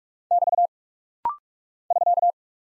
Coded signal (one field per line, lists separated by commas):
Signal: Morse code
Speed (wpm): 44 wpm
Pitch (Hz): 700 Hz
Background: none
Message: <BT> <SK>